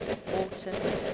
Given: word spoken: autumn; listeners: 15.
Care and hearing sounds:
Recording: one English word in noise, from a listening test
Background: noise modulated by three-talker babble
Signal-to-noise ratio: -3.4 dB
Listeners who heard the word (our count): 6 of 15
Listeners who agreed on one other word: 9 of 15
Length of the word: 0.74 s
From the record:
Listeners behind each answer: 9, 6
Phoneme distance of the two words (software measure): 14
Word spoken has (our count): 2 syllables, 4 phonemes, stress on syllable 1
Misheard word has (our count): 2 syllables, 4 phonemes, stress on syllable 1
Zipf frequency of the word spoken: 4.41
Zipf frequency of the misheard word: 5.53

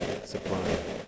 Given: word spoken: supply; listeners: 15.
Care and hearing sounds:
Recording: one English word in noise, from a listening test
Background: noise modulated by three-talker babble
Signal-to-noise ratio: -3.7 dB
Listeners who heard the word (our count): 2 of 15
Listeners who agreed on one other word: 9 of 15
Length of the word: 0.68 s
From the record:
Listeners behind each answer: 9, 4, 2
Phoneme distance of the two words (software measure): 17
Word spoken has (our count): 2 syllables, 5 phonemes, stress on syllable 2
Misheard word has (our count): 2 syllables, 6 phonemes, stress on syllable 2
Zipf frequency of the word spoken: 4.48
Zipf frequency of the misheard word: 4.95

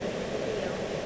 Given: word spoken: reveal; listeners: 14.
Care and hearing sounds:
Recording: one English word in noise, from a listening test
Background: speech-shaped noise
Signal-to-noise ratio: -6.0 dB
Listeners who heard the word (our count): 0 of 14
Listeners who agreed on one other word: 7 of 14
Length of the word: 0.66 s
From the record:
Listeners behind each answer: 7, 1, 1, 1, 1, 1, 1, 1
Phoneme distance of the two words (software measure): 24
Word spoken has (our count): 2 syllables, 5 phonemes, stress on syllable 2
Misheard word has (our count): 1 syllable, 3 phonemes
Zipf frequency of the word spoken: 4.77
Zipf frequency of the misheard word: 5.73

